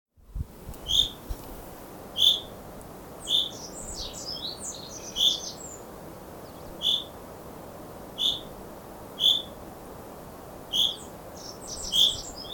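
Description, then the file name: Common chaffinch uttering clipped single calls repeated throughout, with scattered higher squeaky notes in between. "Fringilla coelebs"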